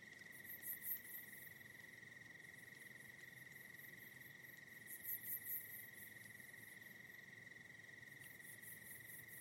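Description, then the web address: Crickets giving a level, nonstop high trill, with brief bouts of faster, higher insect pulsing at intervals. Night in the Hollywood Hills. "soft night ambience hollywood hills crickets"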